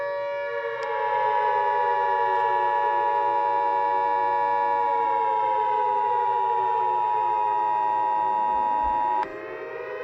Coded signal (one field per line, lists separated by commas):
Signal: Emergency Alert System (SAME) tones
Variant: 853 and 960 Hz attention tone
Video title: EAS SCENARIO 15: Scar E.X.E